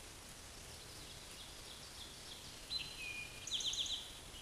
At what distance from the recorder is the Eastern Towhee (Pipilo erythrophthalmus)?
about 35 m